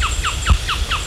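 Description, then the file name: Bird calls: five short, descending chirps repeated about every fifth of a second, with a low rumble underneath. "SABIOD 50 bird 2015"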